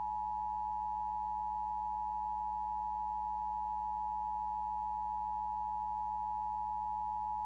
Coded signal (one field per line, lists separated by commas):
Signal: Emergency Alert System (SAME) tones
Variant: 853 and 960 Hz attention tone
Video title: Two State Trouble | EAS Alerts from June 21st, 2023 (EAS #2642-2654)